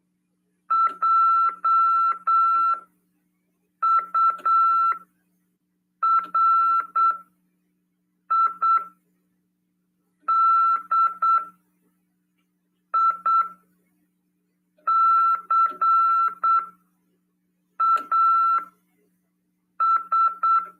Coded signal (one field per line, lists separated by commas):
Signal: Morse code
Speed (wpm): 8 wpm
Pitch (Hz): 1340 Hz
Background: none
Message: JURIDICAS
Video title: RADIOAMADOR 2ªEd. 21/12/2022 "AULA 48: CW, LEGIS e C.RODADA" FM 146.410 Mhz PY2EXU PAULO CRASP/RAF.